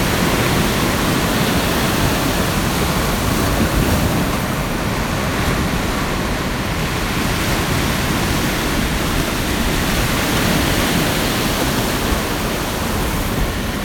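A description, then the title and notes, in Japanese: Surf at Higashihama on the Sea of Japan, a dense steady roar of waves with low rumbling and an even hiss throughout. 鳥取東浜の潮騒。日本海東浜の潮騒。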